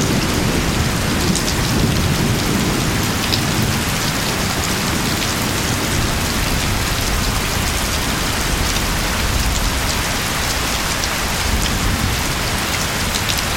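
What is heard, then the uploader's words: Heavy rain falls steadily throughout, a dense, even hiss with drops pattering on a surface. A low rumble sits underneath the whole time, stronger in the first few seconds. No distinct thunderclap stands out, and the level stays constant. Thunderstorm and Rainfall Sounds. Sounds of rain and thunder white noise.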